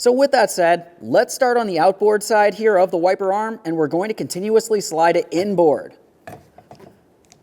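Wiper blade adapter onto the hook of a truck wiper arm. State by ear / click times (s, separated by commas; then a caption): seated / 7.3 s. Someone talks while a new windshield wiper blade is slid inboard, from the outboard side, onto the hooked end of the metal wiper arm of a 2004–2008 Ford F-150 truck, followed by a few faint handling knocks around 6.3–6.7 seconds. At 7.3 seconds the blade's plastic locking tab gives a short, sharp click as the adapter seats on the arm's hook, and a pull test confirms the blade is secured.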